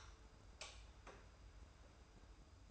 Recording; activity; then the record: daily activity, microphone in the room; light off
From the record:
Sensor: 2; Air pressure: 990.9 hPa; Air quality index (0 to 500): 118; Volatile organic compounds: 75 ppm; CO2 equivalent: 3564 ppm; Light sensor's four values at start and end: 29/76/30/30 and 25/58/23/23